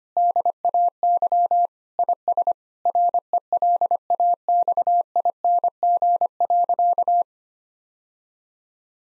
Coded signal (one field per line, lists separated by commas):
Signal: Morse code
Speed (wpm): 25 wpm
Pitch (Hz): 700 Hz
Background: none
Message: DAY IS RELAXING.